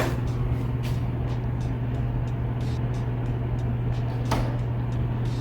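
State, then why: Not seated. A door on a freshly tensioned self-closing spring hinge is released and swings shut on its own over a steady low hum, with one short, sharp knock at about 4.3 s. The latch bolt does not catch in the door frame's strike plate, so the door has not latched.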